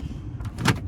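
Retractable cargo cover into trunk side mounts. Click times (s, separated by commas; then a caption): 0.7 s. A plastic retractable cargo privacy cover is fitted one-handed into its side mounts in the trunk of a 2001 Toyota 4Runner SR5 Sport Edition. Faint knocks at about 0.4 s and 0.6 s over a low rumble lead to a loud, sharp click at 0.7 s, and the cover is seated in place.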